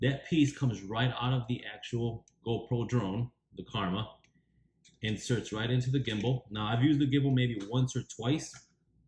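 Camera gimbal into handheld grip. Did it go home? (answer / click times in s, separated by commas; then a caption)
no / none. A camera gimbal taken out of a GoPro Karma drone is handled near its Karma handheld grip while someone talks almost continuously. Nothing has seated or clicked in the grip yet.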